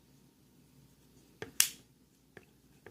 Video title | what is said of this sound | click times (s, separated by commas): Glock Tear Down | popped into place I'm sure you heard that pop | 1.6 s